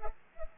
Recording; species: mosquito wingbeat signal from an infrared sensor; Culex pipiens